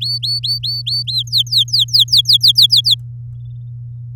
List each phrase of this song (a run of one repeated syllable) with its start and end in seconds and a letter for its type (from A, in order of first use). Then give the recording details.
0.00-1.23 A, 1.27-2.94 B. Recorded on 9 May 2018 at 13:27. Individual llb16